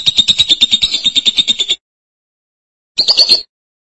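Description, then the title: Lovebird chatter: a rapid buzzy high twittering run lasting under two seconds, a pause, then a short harsh burst. "BM Suara Burung Lovebird"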